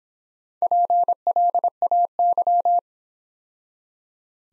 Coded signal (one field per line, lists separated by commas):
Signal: Morse code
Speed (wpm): 26 wpm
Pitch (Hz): 700 Hz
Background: none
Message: PLAY